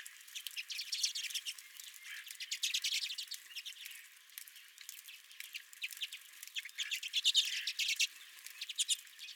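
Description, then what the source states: Redpolls twittering: many quick chips and short trills, with quieter gaps in between. Redpolls at the recordist's own bird feeder.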